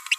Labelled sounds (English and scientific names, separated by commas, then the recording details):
Green-rumped Parrotlet (Forpus passerinus) babbling
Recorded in a nest box in Venezuela
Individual 18B25A4